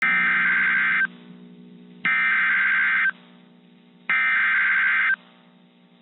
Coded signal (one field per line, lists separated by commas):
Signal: Emergency Alert System (SAME) tones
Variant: header bursts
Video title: Severe Thunderstorm Warning (1/8/26) [EAS #355]